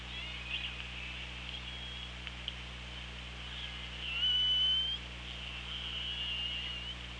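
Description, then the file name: Killer whale call: a sustained flat whistled tone with harmonics lasting under a second, then faint short whistles, over background hiss and hum. Recorded by an OrcaLab hydrophone on 24 August 2017 at 17:20. "Orca Lab UTLN JASON 20170824 172058"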